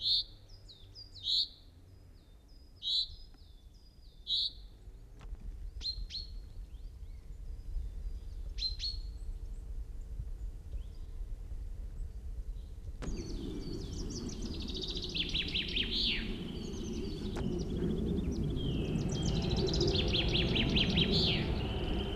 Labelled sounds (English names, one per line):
Common Chaffinch call